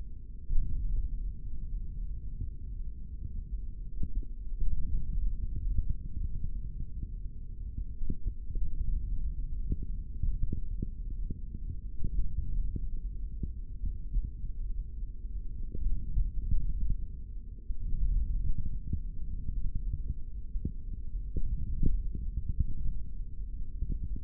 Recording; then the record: forearm muscle sounds (acoustic myography)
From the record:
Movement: index flexion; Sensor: system 3, bracelet of six PUI Audio POM-2738L microphones around the upper forearm, with dedicated amplification and filtering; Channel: 4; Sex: male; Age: 23 years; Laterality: right